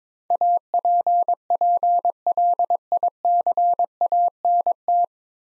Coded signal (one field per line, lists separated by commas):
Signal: Morse code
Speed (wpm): 21 wpm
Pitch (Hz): 700 Hz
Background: none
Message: APPLICANT